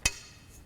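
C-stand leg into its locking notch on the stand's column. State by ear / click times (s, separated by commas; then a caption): seated / 0.1 s. A metal C-stand, flipped upside down and resting on a foot so it won't scratch the floor, has its legs popped out until the leg mechanism locks into the little notches on the stand's column. A single sharp metallic click at 0.1 s marks the lock, followed by quiet. The leg is seated in its notch, so the stand is set up properly and won't fall.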